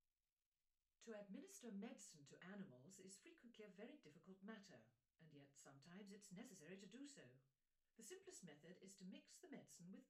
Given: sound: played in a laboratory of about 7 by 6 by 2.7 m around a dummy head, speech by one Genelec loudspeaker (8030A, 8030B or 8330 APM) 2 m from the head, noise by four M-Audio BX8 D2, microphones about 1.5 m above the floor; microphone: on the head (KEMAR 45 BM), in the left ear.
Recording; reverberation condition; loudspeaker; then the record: female speech in English; low; 90 degrees to the right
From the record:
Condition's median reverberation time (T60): about 310 ms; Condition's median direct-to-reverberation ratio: about 3.5 dB